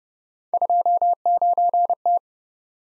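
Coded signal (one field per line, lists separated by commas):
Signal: Morse code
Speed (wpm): 29 wpm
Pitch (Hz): 700 Hz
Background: none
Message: 29T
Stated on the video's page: Morse speed drill of three letter-number combinations, starting at 1.5 times the 25 wpm base and slowing to the base, with the final repeat at maximum speed.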